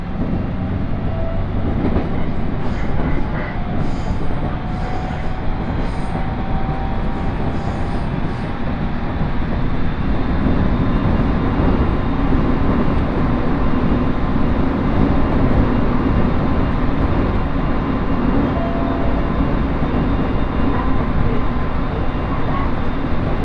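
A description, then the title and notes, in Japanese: Inside a crowded Uetsu Main Line train running from Ugo-Honjo toward Akita, a dense, steady rumble of wheels and motor fills the whole stretch. Faint whining tones drift in and out, with brief high squeaks in the first several seconds. 耳で楽しむ鉄道旅 羽越本線 羽後本荘→秋田。羽後本荘で沢山乗車しているので車内が混雑しています。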